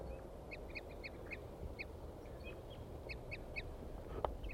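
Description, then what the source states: Crossbill toop calls: short, clipped notes, single or in small runs, repeated throughout over a steady background hiss. Male crossbill tooping with a female joining him, up in trees; located while type 4-3 songs were being played.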